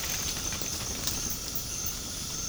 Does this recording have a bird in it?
no